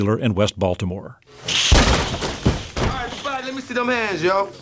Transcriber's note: soundbite of gunshot